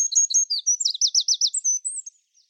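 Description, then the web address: Bird song, high paired chirps followed by four loud looping downslurred notes and a thin whistle at the end. "Bird Only"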